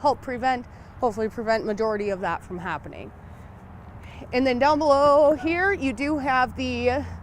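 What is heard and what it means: A man talks about the drop-down window on the head side of a 2022 Logan Coach Bullseye 4 Horse Gooseneck trailer, which pops into its held-open latch position so the trailer can be driven with the windows open. Only his steady speech is heard over a low hum. The window is being handled but has not popped into place yet, and nothing has latched.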